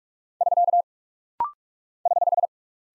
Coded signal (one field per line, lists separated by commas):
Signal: Morse code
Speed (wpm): 44 wpm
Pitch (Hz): 700 Hz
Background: none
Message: <SK> <HH>